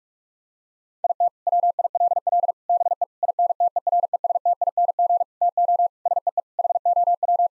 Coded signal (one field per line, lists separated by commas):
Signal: Morse code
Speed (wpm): 46 wpm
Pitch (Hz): 700 Hz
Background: none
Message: IT WILL BE INTERESTING TO SEE HOW